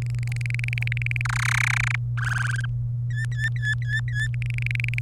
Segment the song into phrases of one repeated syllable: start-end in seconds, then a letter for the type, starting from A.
0.02-1.21 A, 1.25-1.96 B, 2.17-2.65 C, 3.10-4.27 D, 4.34-4.99 A